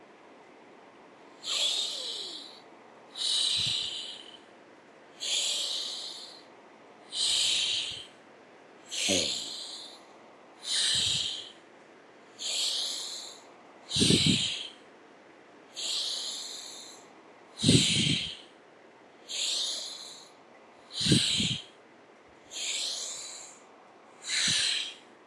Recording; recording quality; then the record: deep breathing; excellent, no background noise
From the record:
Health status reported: healthy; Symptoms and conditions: diabetes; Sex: male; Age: 32 years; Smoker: not ticked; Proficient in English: yes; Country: India